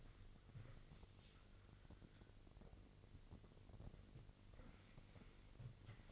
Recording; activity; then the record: daily activity, microphone in the room; wipe stove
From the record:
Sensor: 4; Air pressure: 1002.4 hPa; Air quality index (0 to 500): 216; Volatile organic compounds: 12 ppm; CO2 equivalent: 2340 ppm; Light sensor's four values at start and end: 19/67/24/24 and 19/67/24/24